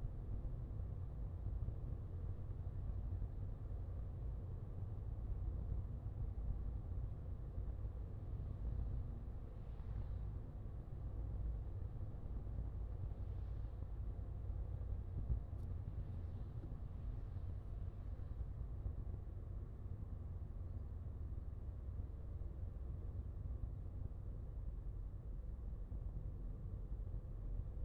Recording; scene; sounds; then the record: everyday scene through a hearing-aid microphone; in a vehicle; engine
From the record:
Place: Skoda Fabia, gasoline engine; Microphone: in the ear canal, left